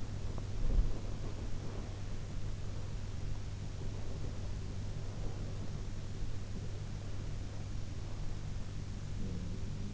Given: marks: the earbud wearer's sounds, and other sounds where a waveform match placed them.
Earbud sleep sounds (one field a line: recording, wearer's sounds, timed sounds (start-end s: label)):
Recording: sounds in sleep by an in-ear microphone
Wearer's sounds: breath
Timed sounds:
0.00-1.91 s: breath